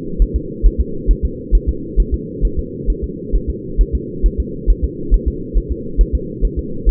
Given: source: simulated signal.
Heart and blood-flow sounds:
fetal heart sounds
0.22 s: S1
0.36 s: S2
0.66 s: S1
0.80 s: S2
1.11 s: S1
1.25 s: S2
1.55 s: S1
1.69 s: S2
2.00 s: S1
2.14 s: S2
2.45 s: S1
2.59 s: S2
2.90 s: S1
3.04 s: S2
3.36 s: S1
3.50 s: S2
3.81 s: S1
3.95 s: S2
4.26 s: S1
4.40 s: S2
4.70 s: S1
4.84 s: S2
5.14 s: S1
5.28 s: S2
5.58 s: S1
5.72 s: S2
6.01 s: S1
6.15 s: S2
6.45 s: S1
6.59 s: S2
6.89 s: S1
From the record:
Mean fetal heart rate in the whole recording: 135 bpm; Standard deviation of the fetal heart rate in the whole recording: 3 bpm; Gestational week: 36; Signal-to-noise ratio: -4.3 dB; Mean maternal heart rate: 72 bpm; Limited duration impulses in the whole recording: absent

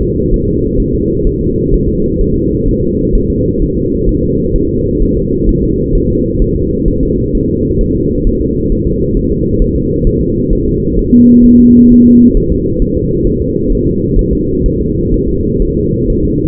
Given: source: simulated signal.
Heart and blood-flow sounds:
fetal heart sounds
0.03 s: S2
0.33 s: S1
0.48 s: S2
0.80 s: S1
0.94 s: S2
1.27 s: S1
1.41 s: S2
1.74 s: S1
1.89 s: S2
2.21 s: S1
2.36 s: S2
2.68 s: S1
2.83 s: S2
3.15 s: S1
3.30 s: S2
3.62 s: S1
3.77 s: S2
4.09 s: S1
4.23 s: S2
4.56 s: S1
4.70 s: S2
5.02 s: S1
5.17 s: S2
5.49 s: S1
5.63 s: S2
5.95 s: S1
6.10 s: S2
6.42 s: S1
6.56 s: S2
6.88 s: S1
7.03 s: S2
7.35 s: S1
7.49 s: S2
7.81 s: S1
7.96 s: S2
8.27 s: S1
8.41 s: S2
8.72 s: S1
8.87 s: S2
9.17 s: S1
9.31 s: S2
9.62 s: S1
9.76 s: S2
10.07 s: S1
10.22 s: S2
10.53 s: S1
10.67 s: S2
10.99 s: S1
11.14 s: S2
11.46 s: S1
11.60 s: S2
11.92 s: S1
12.06 s: S2
12.37 s: S1
12.52 s: S2
12.82 s: S1
12.97 s: S2
13.27 s: S1
13.42 s: S2
13.72 s: S1
13.87 s: S2
14.19 s: S1
14.33 s: S2
14.66 s: S1
14.81 s: S2
15.14 s: S1
15.28 s: S2
15.62 s: S1
15.77 s: S2
16.10 s: S1
16.25 s: S2
From the record:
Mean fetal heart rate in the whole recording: 130 bpm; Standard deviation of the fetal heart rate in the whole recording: 4 bpm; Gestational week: 38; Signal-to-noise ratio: -10.2 dB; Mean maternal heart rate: 72 bpm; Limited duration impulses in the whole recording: present

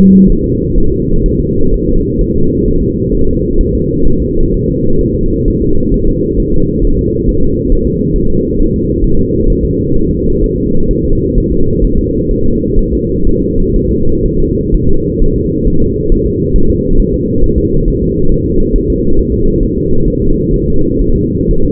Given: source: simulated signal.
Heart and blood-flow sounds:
fetal heart sounds
0.30 s: S1
0.44 s: S2
0.78 s: S1
0.92 s: S2
1.26 s: S1
1.40 s: S2
1.74 s: S1
1.88 s: S2
2.21 s: S1
2.36 s: S2
2.68 s: S1
2.83 s: S2
3.15 s: S1
3.29 s: S2
3.61 s: S1
3.75 s: S2
4.07 s: S1
4.22 s: S2
4.54 s: S1
4.69 s: S2
5.01 s: S1
5.16 s: S2
5.48 s: S1
5.62 s: S2
5.94 s: S1
6.09 s: S2
6.40 s: S1
6.54 s: S2
6.85 s: S1
6.99 s: S2
7.29 s: S1
7.43 s: S2
7.72 s: S1
7.87 s: S2
8.16 s: S1
8.30 s: S2
8.60 s: S1
8.74 s: S2
9.05 s: S1
9.19 s: S2
9.50 s: S1
9.64 s: S2
9.97 s: S1
10.11 s: S2
10.44 s: S1
10.58 s: S2
10.91 s: S1
11.05 s: S2
11.38 s: S1
11.52 s: S2
11.85 s: S1
11.99 s: S2
12.31 s: S1
12.46 s: S2
12.79 s: S1
12.93 s: S2
13.27 s: S1
13.42 s: S2
13.76 s: S1
13.91 s: S2
14.26 s: S1
14.40 s: S2
14.74 s: S1
14.89 s: S2
15.22 s: S1
15.36 s: S2
15.67 s: S1
15.82 s: S2
16.12 s: S1
16.26 s: S2
16.56 s: S1
16.70 s: S2
17.00 s: S1
17.14 s: S2
17.44 s: S1
17.58 s: S2
17.88 s: S1
18.02 s: S2
18.32 s: S1
18.46 s: S2
18.76 s: S1
18.90 s: S2
19.19 s: S1
19.34 s: S2
19.63 s: S1
19.77 s: S2
20.08 s: S1
20.22 s: S2
20.54 s: S1
20.68 s: S2
21.02 s: S1
21.16 s: S2
21.51 s: S1
21.65 s: S2
From the record:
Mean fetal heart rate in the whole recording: 130 bpm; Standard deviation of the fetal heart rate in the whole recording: 4 bpm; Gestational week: 38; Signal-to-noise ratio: -17.7 dB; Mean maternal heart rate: 72 bpm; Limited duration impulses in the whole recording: present

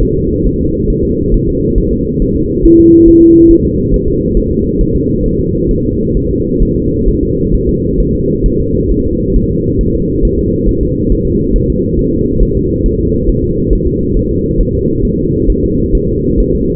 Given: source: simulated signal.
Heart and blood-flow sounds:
fetal heart sounds
0.03 s: S1
0.17 s: S2
0.46 s: S1
0.61 s: S2
0.90 s: S1
1.05 s: S2
1.34 s: S1
1.49 s: S2
1.78 s: S1
1.93 s: S2
2.22 s: S1
2.36 s: S2
2.65 s: S1
2.80 s: S2
3.08 s: S1
3.23 s: S2
3.51 s: S1
3.65 s: S2
3.94 s: S1
4.08 s: S2
4.37 s: S1
4.52 s: S2
4.81 s: S1
4.96 s: S2
5.26 s: S1
5.40 s: S2
5.71 s: S1
5.86 s: S2
6.17 s: S1
6.31 s: S2
6.63 s: S1
6.77 s: S2
7.09 s: S1
7.23 s: S2
7.54 s: S1
7.69 s: S2
8.00 s: S1
8.15 s: S2
8.46 s: S1
8.60 s: S2
8.92 s: S1
9.06 s: S2
9.36 s: S1
9.51 s: S2
9.81 s: S1
9.95 s: S2
10.25 s: S1
10.39 s: S2
10.69 s: S1
10.83 s: S2
11.12 s: S1
11.27 s: S2
11.56 s: S1
11.70 s: S2
11.99 s: S1
12.14 s: S2
12.43 s: S1
12.57 s: S2
12.86 s: S1
13.00 s: S2
13.29 s: S1
13.44 s: S2
13.73 s: S1
13.87 s: S2
14.17 s: S1
14.31 s: S2
14.61 s: S1
14.75 s: S2
15.05 s: S1
15.19 s: S2
15.50 s: S1
15.64 s: S2
15.95 s: S1
16.09 s: S2
16.40 s: S1
16.55 s: S2
From the record:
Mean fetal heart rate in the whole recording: 135 bpm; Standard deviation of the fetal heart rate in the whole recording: 3 bpm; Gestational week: 36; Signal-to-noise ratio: -14.7 dB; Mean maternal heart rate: 72 bpm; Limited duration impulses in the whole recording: present

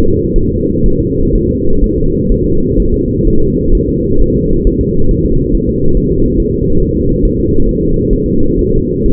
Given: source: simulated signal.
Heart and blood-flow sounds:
fetal heart sounds
0.00 s: S2
0.36 s: S1
0.50 s: S2
0.86 s: S1
1.00 s: S2
1.35 s: S1
1.50 s: S2
1.84 s: S1
1.98 s: S2
2.32 s: S1
2.46 s: S2
2.80 s: S1
2.94 s: S2
3.27 s: S1
3.42 s: S2
3.75 s: S1
3.89 s: S2
4.21 s: S1
4.36 s: S2
4.67 s: S1
4.81 s: S2
5.11 s: S1
5.25 s: S2
5.55 s: S1
5.69 s: S2
5.97 s: S1
6.12 s: S2
6.40 s: S1
6.54 s: S2
6.82 s: S1
6.97 s: S2
7.25 s: S1
7.40 s: S2
7.69 s: S1
7.83 s: S2
8.13 s: S1
8.28 s: S2
8.59 s: S1
8.73 s: S2
9.06 s: S1
From the record:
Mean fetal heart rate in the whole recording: 130 bpm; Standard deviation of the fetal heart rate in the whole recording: 4 bpm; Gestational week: 38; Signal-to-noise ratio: -17.7 dB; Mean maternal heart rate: 72 bpm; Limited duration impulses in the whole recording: present

